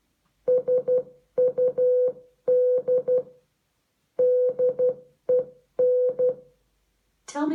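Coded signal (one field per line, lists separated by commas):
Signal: Morse code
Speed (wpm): 12 wpm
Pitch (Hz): 500 Hz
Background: speech, music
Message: SUDDEN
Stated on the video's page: Morse code exercise lesson played by an Amazon Echo device using the Alexa Morse Coder skill.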